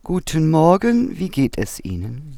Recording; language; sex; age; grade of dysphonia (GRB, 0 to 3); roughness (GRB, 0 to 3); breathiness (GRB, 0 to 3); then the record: spoken sentence; German; female; 50 to 59 years; 3; 3; 1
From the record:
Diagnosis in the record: recurrent laryngeal nerve paralysis, Reinke's edema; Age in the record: 56 years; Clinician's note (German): Doppelseitige nach Strumektomie + Reinke- Ödem beidseitig, Stridor!